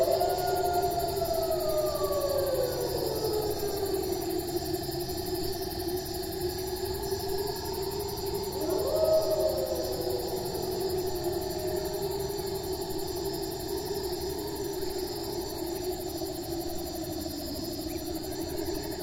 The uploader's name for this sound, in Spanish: Animales Nocturnos